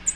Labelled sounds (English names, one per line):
American Redstart flight call